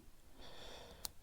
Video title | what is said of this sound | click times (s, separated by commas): WME 2025 Le montage du Panther 4 | voilà là ça fait clic clic donc j'aime bien quand ça fait clic clic parce qu'en général c'est que ça se met en place | 1.0 s